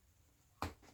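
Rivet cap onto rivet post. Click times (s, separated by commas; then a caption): 0.6 s. The first of two metal rivet caps is pressed by hand onto its post sticking up through a bag handle. A single short, sharp snap is heard at 0.6 s against a quiet background. The cap snaps on and is seated.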